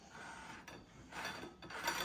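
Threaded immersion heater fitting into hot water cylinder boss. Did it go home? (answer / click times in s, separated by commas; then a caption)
no / none. A threaded immersion heater fitting is screwed hand tight into the boss of a hot water cylinder so it does not cross-thread, with steady rasping, rubbing thread noise and brief knocks near 0.7 s and 1.6 s. The threads caught first time, but nothing has seated or clicked yet; this is the hand-threading stage before tightening with a spanner.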